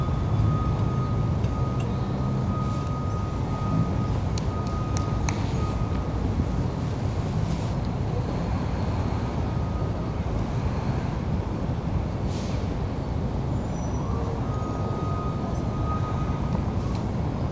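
Outdoor sounds at a campus plaza, dominated by a steady, dense low rumble of vehicle traffic or an idling engine that never lets up. A thin, steady whine comes and goes above it, with a few sharp clicks around five seconds and a brief hiss near twelve.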